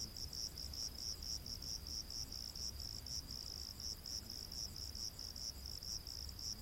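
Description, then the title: High crickets chirping continuously in a dense pulsing band, steady throughout, with a low hum underneath. Rainforest at night. "Crickets of the Rainforest"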